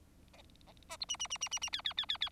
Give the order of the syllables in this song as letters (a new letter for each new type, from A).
A A B C C C C C C D D D D D